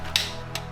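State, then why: Torque reached. A click-type torque wrench tightens the front drain plug, closest to the front of the car, on a McLaren 650S transmission to 50 Nm (37 ft-lb). A sharp, bright click at 0.2 s shows the wrench breaking at its setting, and a softer click follows at 0.6 s over a low steady hum. The plug is torqued to spec.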